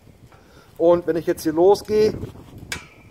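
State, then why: Seated. On a repaired seat slide adjuster of a classic Opel GT seat, someone talks while the adjustment is released and the seat is moved. At 2.7 s a sharp metallic click sounds as the metal locking pawl on the seat rail snaps into the adjuster notch, engaging the second position.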